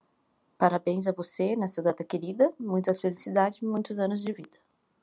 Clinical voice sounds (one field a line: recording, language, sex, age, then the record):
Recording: short text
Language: Brazilian Portuguese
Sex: female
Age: 30 to 39 years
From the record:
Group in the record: control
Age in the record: 33 years